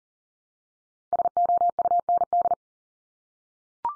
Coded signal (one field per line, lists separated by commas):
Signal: Morse code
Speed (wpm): 40 wpm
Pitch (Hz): 700 Hz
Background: none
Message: SOUND